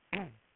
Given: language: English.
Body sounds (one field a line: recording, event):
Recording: throat vibration sensor signal played as sound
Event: throat clearing